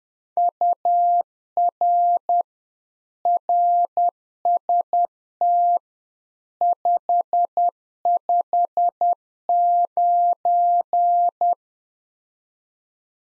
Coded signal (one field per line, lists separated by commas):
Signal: Morse code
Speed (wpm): 10 wpm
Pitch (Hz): 700 Hz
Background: none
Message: UR RST 559